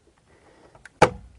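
The last memory module is pressed down into a motherboard DIMM slot so its retention tabs latch. After a couple of faint ticks, a sharp, loud snap lands at 1.0 s. The module is seated.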